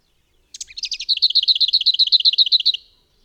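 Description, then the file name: Lesser whitethroat song: a brief scratchy opening, then a dry rattle of many rapid repeated notes at a steady pitch. "Piegza"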